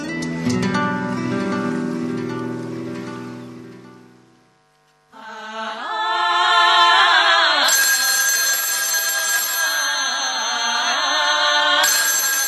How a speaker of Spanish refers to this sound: Alguien llama, alguien está en el teléfono.